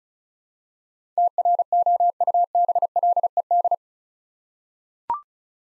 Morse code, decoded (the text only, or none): TROUBLED